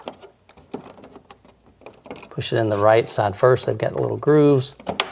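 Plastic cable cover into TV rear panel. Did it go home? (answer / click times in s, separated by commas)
no / none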